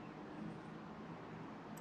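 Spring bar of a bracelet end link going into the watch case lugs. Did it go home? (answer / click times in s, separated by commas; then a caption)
no / none. A metal Jubilee bracelet end link on a Rolex GMT is being wiggled into place so its spring bar can go into the watch case lugs. Only a steady, even noise with a low hum is heard, with no sudden sounds. The end link is not fully in yet, and the spring bar has not snapped home or clicked.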